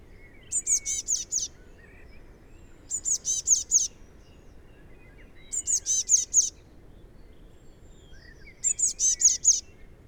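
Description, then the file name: Eurasian blue tit calls: short bursts of four to six high, thin, arched notes, each burst about a second long and repeated roughly every two and a half to three seconds, with faint background hiss. "Cyanistes caeruleus"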